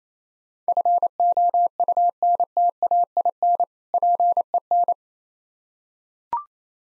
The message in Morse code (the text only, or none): FOUNTAIN PEN